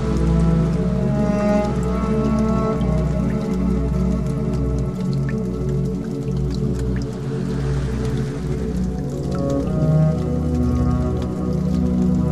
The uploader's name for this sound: Waterdrop with fire sound